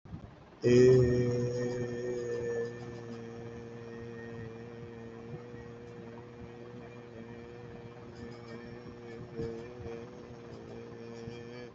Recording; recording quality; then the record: sustained vowel as in made; moderate, slight background noise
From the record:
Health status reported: healthy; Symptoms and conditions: none ticked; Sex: male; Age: 25 years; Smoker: not ticked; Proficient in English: yes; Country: India